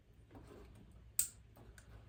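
A plastic wiring connector for the ape hanger handlebar harness on a 2008–2013 Street Glide motorcycle is pushed into its mating connector on the motorcycle wiring harness. A single sharp, bright click sounds at 1.2 s, followed by a much fainter tick near 1.8 s over low background noise. The connector seats fully, going right in with no problem.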